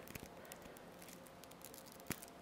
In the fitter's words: it will lock into place